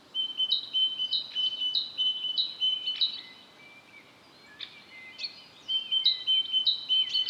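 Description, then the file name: Great tit song, quick repeated two-note phrases at the start and end, with a quieter middle of scattered clicks and calls over hiss. "Parus major"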